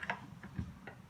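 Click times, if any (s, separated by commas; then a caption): none. A cleaned plastic drain grate from the front of a Nespresso coffee capsule machine's pod holder is pressed back in by hand with its bumps facing out. Two sharp plastic ticks sound near the start, followed by softer taps and rubbing around 0.4, 0.6 and 0.9 seconds. The grate has not seated or snapped into place yet.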